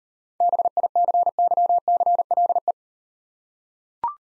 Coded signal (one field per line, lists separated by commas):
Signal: Morse code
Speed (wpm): 38 wpm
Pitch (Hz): 700 Hz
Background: none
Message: BICYCLE